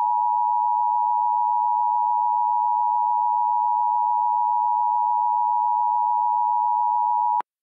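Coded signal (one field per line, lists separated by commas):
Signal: Emergency Alert System (SAME) tones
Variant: 853 and 960 Hz attention tone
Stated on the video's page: Mock EAS alerts, experimental products generated on CAVE AWIPS, containing valid tones.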